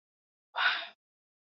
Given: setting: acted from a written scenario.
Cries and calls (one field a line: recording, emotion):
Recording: vocal sound without words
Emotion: relief